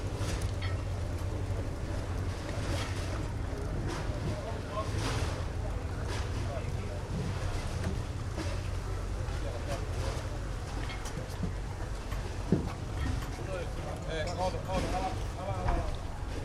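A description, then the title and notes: Day trippers stroll along a waterfront while people eat at restaurants, a steady murmur of many overlapping voices over a constant low engine-like hum. Brief clinks and knocks break through now and then, with a sharper thud around twelve seconds. Late afternoon at Nagu Strandvagen. On the water, all manner of motor launches, sail- and speedboats slide in and out of audible range. Recorded by Julian Weaver. Day trippers with dogs and ice-creams, amble past others enjoying early suppers in the waterfront restaurants.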